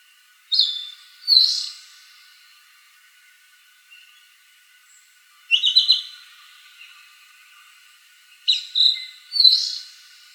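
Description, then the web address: Narcissus flycatcher calling in three separate bursts of high whistled notes, spaced several seconds apart. Recorded on 14 April 2014 at 06:09. "birdenaga kibitaki 20140414 0609"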